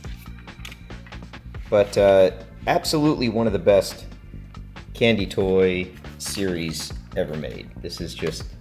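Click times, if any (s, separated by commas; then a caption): none. Someone talks over background music while handling the two halves of a plastic candy-toy pyramid model, trying to close them together. A few faint, brief handling taps and clicks sound near the start and once in the middle. Nothing has seated or locked together yet when the clip ends.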